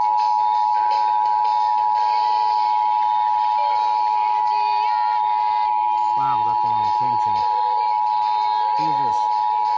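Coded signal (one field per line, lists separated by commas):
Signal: Emergency Alert System (SAME) tones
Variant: 853 and 960 Hz attention tone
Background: speech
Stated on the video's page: Required Monthly Tests from Kitsap County DEM relayed by FM and AM broadcast stations, the 155.475 MHz Washington State EAS Relay Network, and NOAA Weather Radio on 162.550/162.425 MHz.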